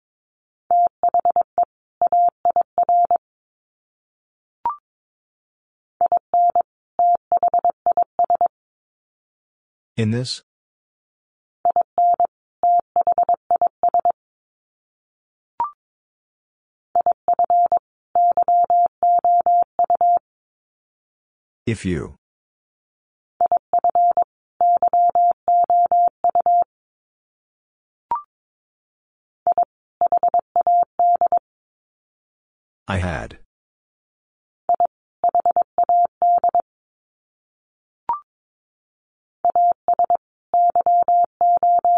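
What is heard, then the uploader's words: A steady mid-pitched tone beeps out Morse code, short dots and longer dashes grouped into words with pauses between them. Every ten or eleven seconds a brief crackling burst cuts in, and faint clicks fall between some groups. First, the words are sent in Morse code. Sets of 2 Words 22wpm.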